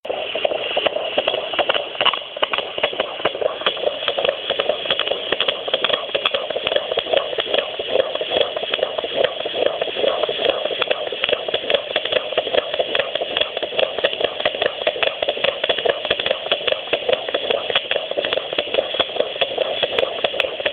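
Fast, steady whooshing pulses at about 146 a minute ride over a constant hiss. This is a fetal heartbeat at 25 weeks of pregnancy, with a rate in the expected fetal range.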